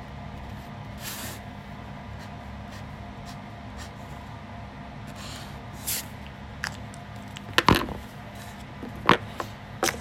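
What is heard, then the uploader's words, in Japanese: Drawing sounds over a steady low hum that runs the whole time. Soft scratchy strokes come now and then, around 1, 5 and 6 seconds, then sharper taps and scrapes cluster in the last few seconds, the loudest just before 8 seconds. お絵描き。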